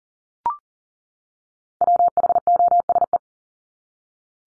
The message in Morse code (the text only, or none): WHOSE